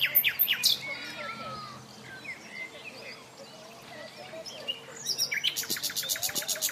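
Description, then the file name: Common nightingale song with varied whistles and chirps, ending in a loud, fast run of repeated notes. "Luscinia megarhynchos"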